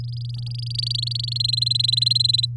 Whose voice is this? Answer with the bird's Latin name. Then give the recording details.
Serinus canaria. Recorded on 8 May 2018 at 12:49. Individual llb16